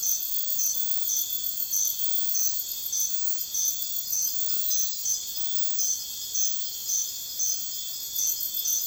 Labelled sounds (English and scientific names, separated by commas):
none